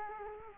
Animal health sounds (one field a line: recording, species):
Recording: mosquito wingbeat signal from an infrared sensor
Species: Culex quinquefasciatus